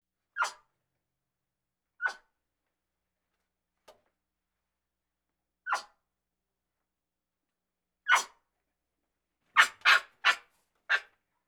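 Capuchin monkey sharp, squeaky fear calls, single yelps spaced a couple of seconds apart, then a quick burst of four near the end.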